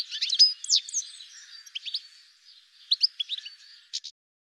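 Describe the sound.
Bird chirping in quick bursts of high, sharp, twittering notes, then a pause and a second run of chirps ending in two short notes.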